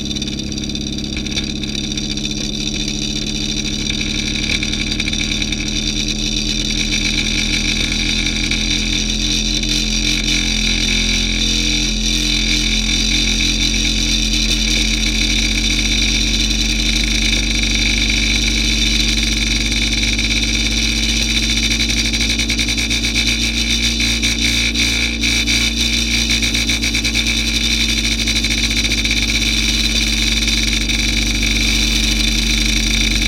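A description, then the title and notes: Synth tones and feedback hum through speakers in a dense, unchanging drone, with steady pitched layers from deep low rumble up to bright high whines. A faint rattle and buzz runs throughout, and a few flickering crackles appear around the middle and near twenty-five seconds. The film tins were then equipped with piezo microphones plugged into amps then placed atop upward facing speakers. The studio configuration consisted of two vintage tape decks, a vintage 1/4" reel-to-reel, two mixers, multiple microphones, multiple piezos, analog synths and effects pedals.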